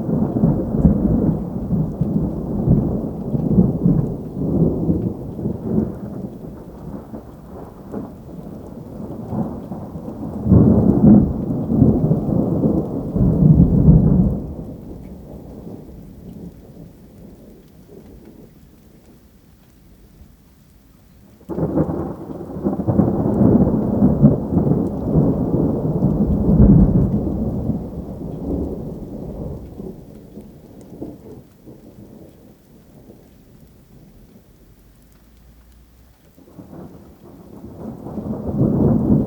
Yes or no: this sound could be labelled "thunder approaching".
yes